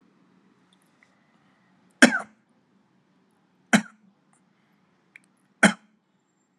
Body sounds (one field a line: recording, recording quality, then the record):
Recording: shallow voluntary cough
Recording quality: excellent, no background noise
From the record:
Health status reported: COVID-19 positive, moderate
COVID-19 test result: positive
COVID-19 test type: RT-PCR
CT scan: not taken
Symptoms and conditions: cough, sore throat, fever, fatigue, muscle pain, another condition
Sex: male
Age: 48 years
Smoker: no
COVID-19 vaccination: both doses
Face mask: worn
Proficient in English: yes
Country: India